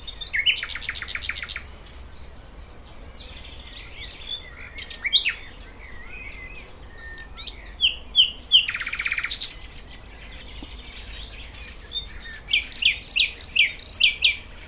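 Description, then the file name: Thrush nightingale song: a dense rattling trill, then assorted whistles and chirps, another buzzy rattle midway, and a closing string of quick notes. "Sprosser"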